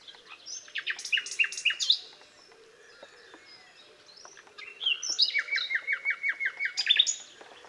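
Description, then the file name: Common nightingale song: a rapid run of varied chirps, a quiet pause, then a long fast series of repeated loud notes. "Luscinia megarhynchos"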